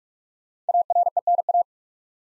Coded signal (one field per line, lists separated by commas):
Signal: Morse code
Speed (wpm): 44 wpm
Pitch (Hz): 700 Hz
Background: none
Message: ARENA